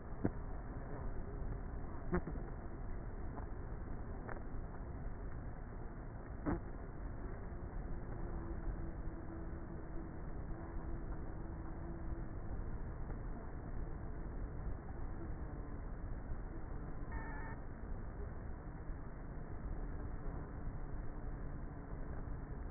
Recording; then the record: honeybee colony, microphone inside the hive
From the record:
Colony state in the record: queenless with a low population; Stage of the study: before two queens were removed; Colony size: about 30,000 bees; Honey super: no